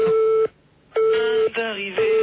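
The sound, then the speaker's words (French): A telephone off-hook tone: a steady mid-pitched beep pulsing on and off in roughly half-second bursts, loud and thin like a phone line, with muffled voices faintly underneath. “tu raccroches le téléphone, s'il te plaît, merci.”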